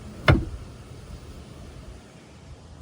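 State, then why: Seated. The folded rear seat back of a 2025 Nissan Rogue SUV is pushed back up, and its latch clicks sharply into the locked upright position at 0.3 s over a low, steady background hum. The seat back is latched upright.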